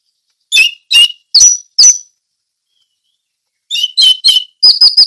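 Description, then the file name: Orange-headed thrush song: quick groups of sharp, high, slurred whistles, four notes, a pause, then a faster run of bright chirps. Song described as loud and clear ('ngeplong'). "suara anis merah ngeplong teler"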